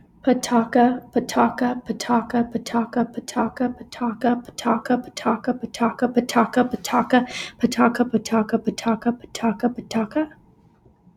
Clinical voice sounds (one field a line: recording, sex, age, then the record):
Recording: repeated syllables /pa ta ka/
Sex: female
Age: 20 to 29 years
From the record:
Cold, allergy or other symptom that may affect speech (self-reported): no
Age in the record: 25 years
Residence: Utah, United States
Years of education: 16